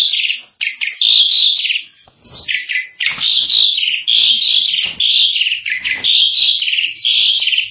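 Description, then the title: Starling song: near-continuous high chatter of whistles, buzzy trills and clicks in quick succession. "Jalak01"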